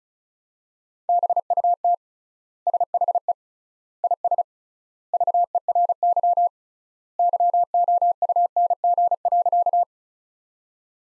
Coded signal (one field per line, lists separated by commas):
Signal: Morse code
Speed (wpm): 34 wpm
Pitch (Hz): 700 Hz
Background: none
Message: BUT SHE IS VERY YOUNG.